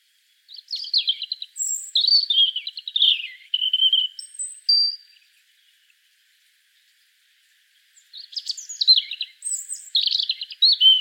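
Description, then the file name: European robin song: two long phrases of sweet high twitters and thin whistles, separated by a pause of a few seconds. "Erithacus rubecula"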